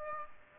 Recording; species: mosquito wingbeat signal from an infrared sensor; Aedes aegypti